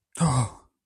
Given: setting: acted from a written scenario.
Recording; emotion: vocal sound without words; negative surprise